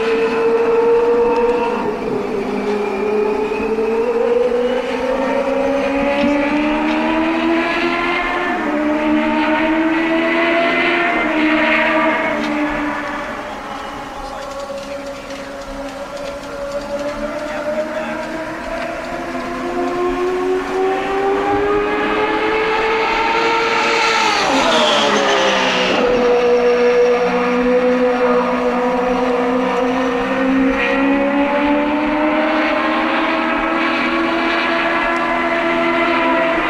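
Turbocharged race car engines roar steadily around the oval, their pitch rising and falling as cars accelerate and lift. The sound softens briefly in the middle, then swells again, with a sharp pitch swoop near twenty-five seconds as a car rushes past.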